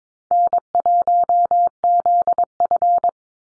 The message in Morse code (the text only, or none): N1ZF